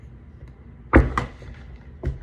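An inline hockey skate wheel bearing is pressed by hand into the plastic or urethane wheel hub until it pops into place, seating with a sharp click at 1.2 s. A loud thunk at 1.0 s comes just before it, and a softer knock follows at 2.1 s over a low background hum.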